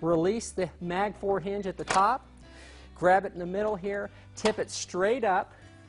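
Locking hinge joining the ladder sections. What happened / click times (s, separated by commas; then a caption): Handled, not yet home: the hinge has not locked yet / none. Someone talks over background music while handling a Little Giant RevolutionXE Model 17 multi-purpose aluminium articulating ladder, releasing the locking top hinge that joins the ladder sections and tipping the section straight up. The clip ends before the hinge locks into place; nothing has seated or clicked yet.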